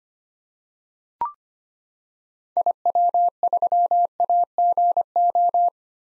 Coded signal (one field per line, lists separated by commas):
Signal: Morse code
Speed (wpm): 25 wpm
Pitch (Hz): 700 Hz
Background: none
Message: IW3AGO